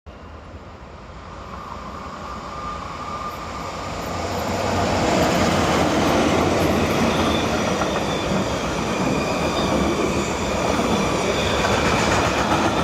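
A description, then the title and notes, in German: A train at Oerlikon rumbles in, growing louder over the first five seconds, then holds a steady roar with faint squeals of wheels. OERLIKON Umsteigen. Zwischenstopp in Oerlikon. Das Handy kurz gezückt und folgendes aufgenommen. Railwaystation #bahnhof #oerlikon #kiss #dosto #stadler #re420 #switzerland.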